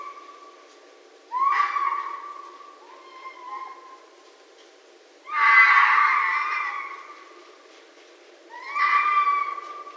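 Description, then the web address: Red fox calls: drawn-out whining tones, then a loud harsh scream around the middle, and a shorter rising whine at the end, over steady low background hiss. Recorded 6 January 2012. "Red Fox 2012 01 06 Red Fox"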